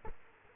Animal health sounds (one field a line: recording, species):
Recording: mosquito wingbeat signal from an infrared sensor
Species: Culex quinquefasciatus